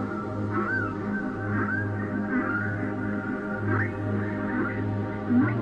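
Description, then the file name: Whale song of wavering, bending moans and a quick rising-falling swoop, set over a pulsing low droning background. "Chant des baleines - whales singing"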